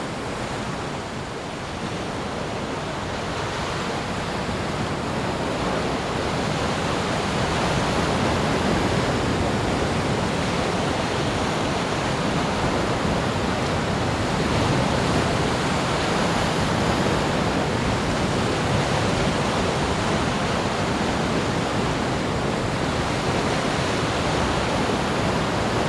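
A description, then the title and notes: Rough sea noise forms a dense, steady roar of churning water, full from low rumble to bright hiss, with no distinct waves standing out. Rough Sea Noises.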